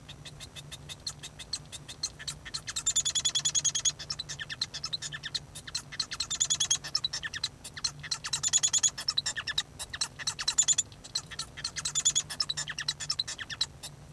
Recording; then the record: song of a male Bengalese finch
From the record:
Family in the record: son of father 1